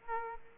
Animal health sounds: mosquito wingbeat signal from an infrared sensor; Aedes aegypti

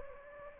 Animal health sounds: mosquito wingbeat signal from an infrared sensor; Anopheles gambiae

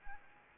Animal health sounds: mosquito wingbeat signal from an infrared sensor; Anopheles arabiensis

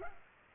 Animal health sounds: mosquito wingbeat signal from an infrared sensor; Culex pipiens

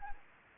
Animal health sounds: mosquito wingbeat signal from an infrared sensor; Anopheles gambiae

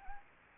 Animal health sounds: mosquito wingbeat signal from an infrared sensor; Anopheles gambiae

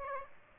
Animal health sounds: mosquito wingbeat signal from an infrared sensor; Aedes aegypti

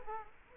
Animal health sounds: mosquito wingbeat signal from an infrared sensor; Culex quinquefasciatus

